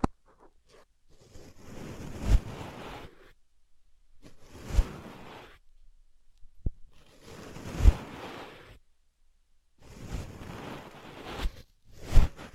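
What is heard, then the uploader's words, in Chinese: Scratchy rustling of ear picking comes in short bursts of one to two seconds, separated by near-silent pauses. Each burst is dense and gritty, swelling to a sharper scrape near its peak, and a single crisp click lands alone around the middle. 姐姐抠耳朵催眠。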